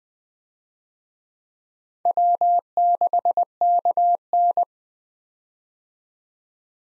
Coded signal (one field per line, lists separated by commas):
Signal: Morse code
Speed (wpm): 20 wpm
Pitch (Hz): 700 Hz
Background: none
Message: W6KN